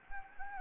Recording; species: mosquito wingbeat signal from an infrared sensor; Anopheles gambiae